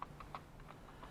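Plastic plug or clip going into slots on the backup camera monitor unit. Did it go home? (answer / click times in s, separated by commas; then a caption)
no / none. A plastic plug or clip is pushed into the slots on the monitor unit of a Yakry backup camera kit being installed in a 2008 Mustang, producing a series of light plastic taps and knocks at about 0.0, 0.2, 0.4, 0.7 and 1.1 seconds. The part does not lock into place, and nothing has seated or clicked yet.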